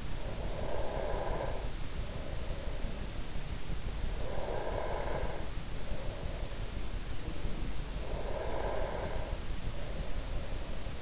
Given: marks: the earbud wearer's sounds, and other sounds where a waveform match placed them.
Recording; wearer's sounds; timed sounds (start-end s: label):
sounds in sleep by an in-ear microphone; breath
0.00-3.02 s: breath
3.94-7.14 s: breath
7.59-11.02 s: breath